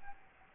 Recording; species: mosquito wingbeat signal from an infrared sensor; Aedes albopictus